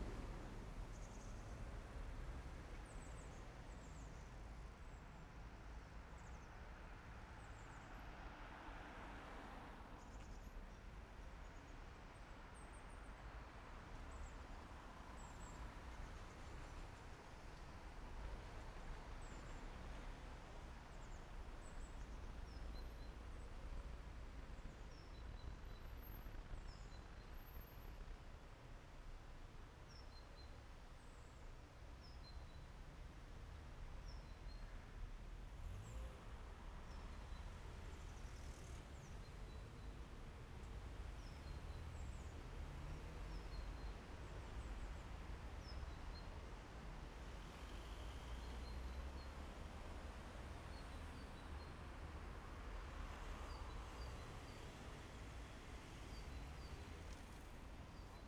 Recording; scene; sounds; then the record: everyday scene through a hearing-aid microphone; in traffic; traffic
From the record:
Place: main city hub, rush hour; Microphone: behind the ear, left, rear